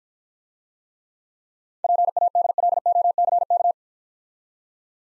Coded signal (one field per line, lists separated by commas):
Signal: Morse code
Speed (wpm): 50 wpm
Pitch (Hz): 700 Hz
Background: none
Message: PADLOCK